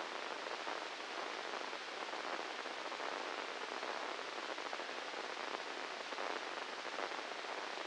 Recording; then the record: brain microelectrode recording played as sound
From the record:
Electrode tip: inside the subthalamic nucleus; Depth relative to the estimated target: -4 mm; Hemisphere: left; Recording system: NeuroSet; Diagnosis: Parkinson's disease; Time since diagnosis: 10 years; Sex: male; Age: 56 years